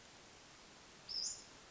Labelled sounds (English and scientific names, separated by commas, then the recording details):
Western Flycatcher (Empidonax difficilis)
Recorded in Sonoma County, California